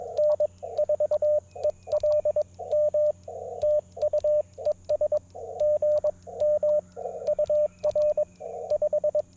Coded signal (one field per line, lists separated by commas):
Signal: Morse code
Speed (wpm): 21 wpm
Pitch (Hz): 590 Hz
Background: radio noise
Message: N4ELM TU ES GM UR 5